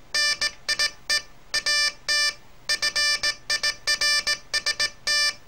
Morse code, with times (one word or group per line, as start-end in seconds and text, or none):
0.1-1.2 NIE
1.5-2.3 AT
2.7-5.3 FIRST